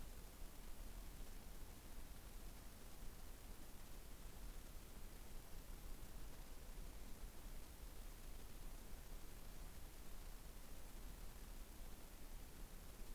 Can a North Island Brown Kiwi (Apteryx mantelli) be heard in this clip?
no